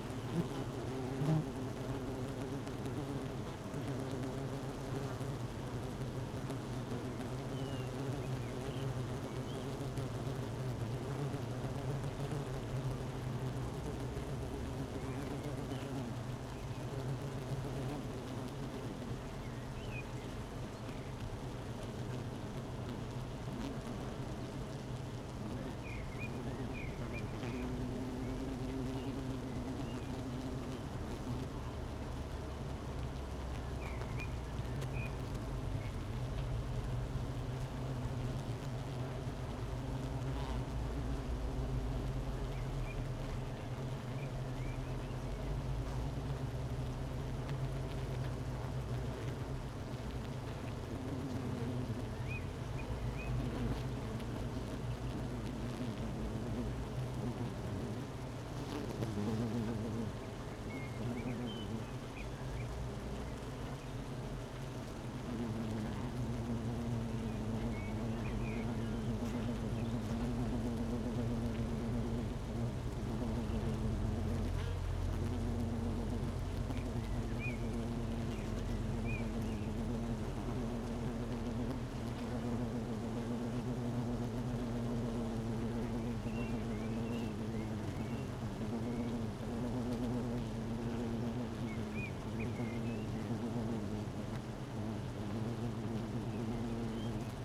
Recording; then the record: honeybee colony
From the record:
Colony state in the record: missing queen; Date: 31 May 2018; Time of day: 12:05